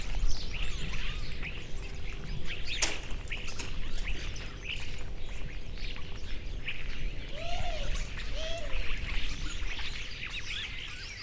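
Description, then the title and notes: Starlings chattering as a flock, a dense mix of high squeaks, whistles and chirps, with a sharp click and a few lower calls, over low rumbling noise. Flock resting together in trees in the afternoon, Alt Empordà. "Estorninos En Alt Empordà. Por la tarde los estorninos descansan en los árboles y como siempre, lo hacen todos juntos"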